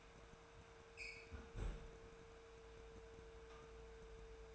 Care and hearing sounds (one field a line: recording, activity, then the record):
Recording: daily activity, microphone in the room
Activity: close fridge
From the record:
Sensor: 2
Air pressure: 1014.8 hPa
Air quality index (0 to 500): 194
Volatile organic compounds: 17 ppm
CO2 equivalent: 2566 ppm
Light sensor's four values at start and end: 8/20/8/8 and 8/20/8/8